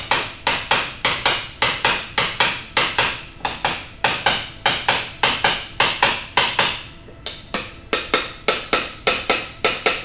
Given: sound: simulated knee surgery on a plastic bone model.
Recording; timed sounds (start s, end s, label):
surgical tools on bone
0.11	0.11	chisel strike
0.47	0.47	chisel strike
0.71	0.71	chisel strike
1.05	1.05	chisel strike
1.26	1.26	chisel strike
1.62	1.62	chisel strike
1.85	1.85	chisel strike
2.18	2.18	chisel strike
2.40	2.40	chisel strike
2.77	2.77	chisel strike
2.98	2.98	chisel strike
3.45	3.45	chisel strike
3.65	3.65	chisel strike
4.04	4.04	chisel strike
4.26	4.26	chisel strike
4.66	4.66	chisel strike
4.89	4.89	chisel strike
5.23	5.23	chisel strike
5.44	5.44	chisel strike
5.80	5.80	chisel strike
6.03	6.03	chisel strike
6.37	6.37	chisel strike
6.59	6.59	chisel strike
7.27	7.27	chisel strike
7.54	7.54	chisel strike
7.93	7.93	chisel strike
8.14	8.14	chisel strike
8.48	8.48	chisel strike
8.73	8.73	chisel strike
9.07	9.07	chisel strike
9.30	9.30	chisel strike
9.65	9.65	chisel strike
9.86	9.86	chisel strike